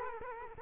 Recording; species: mosquito wingbeat signal from an infrared sensor; Culex quinquefasciatus